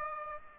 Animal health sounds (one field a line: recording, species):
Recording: mosquito wingbeat signal from an infrared sensor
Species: Aedes aegypti